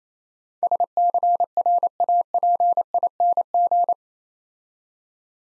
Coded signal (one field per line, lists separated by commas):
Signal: Morse code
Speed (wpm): 31 wpm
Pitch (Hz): 700 Hz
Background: none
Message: SCRAPING